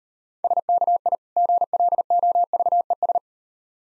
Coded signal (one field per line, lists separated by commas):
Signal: Morse code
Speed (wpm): 39 wpm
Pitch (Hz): 700 Hz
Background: none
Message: SKI GLOVES